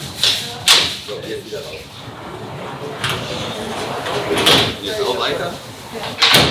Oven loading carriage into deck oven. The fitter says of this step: Jetzt weiter weiter ist hier einrastet